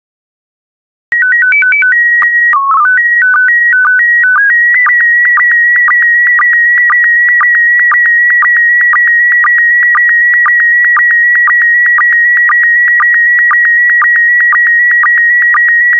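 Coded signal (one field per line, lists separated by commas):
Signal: SSTV (slow-scan television)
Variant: PD120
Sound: short stepped header beeps, then a steady high whistle with rhythmic clicking dips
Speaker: complete. You can now check your decoded image against the picture that is shown on the video.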